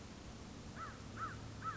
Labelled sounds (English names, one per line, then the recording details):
American Crow
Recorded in Sonoma County, California